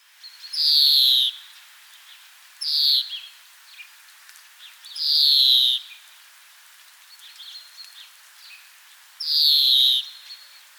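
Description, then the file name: European greenfinch repeating drawn-out buzzy wheezes, three long and one shorter across about eleven seconds, with faint soft twitters between them. "Chloris chloris"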